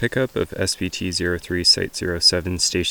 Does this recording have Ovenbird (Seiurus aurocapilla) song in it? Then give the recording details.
no. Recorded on 2 June 2016 at 12:51. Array SBT-3-7